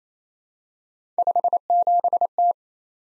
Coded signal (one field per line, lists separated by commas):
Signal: Morse code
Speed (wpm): 27 wpm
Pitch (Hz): 700 Hz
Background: none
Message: 57T